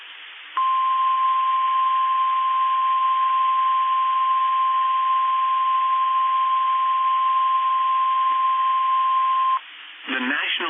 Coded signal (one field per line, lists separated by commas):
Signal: Emergency Alert System (SAME) tones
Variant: 1050 Hz attention tone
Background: speech